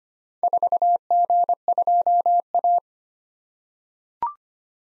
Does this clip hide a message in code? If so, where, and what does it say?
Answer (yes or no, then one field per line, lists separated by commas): yes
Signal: Morse code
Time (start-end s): 0.4-2.8 s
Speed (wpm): 25 wpm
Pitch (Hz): 700 Hz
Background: none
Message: 4G2A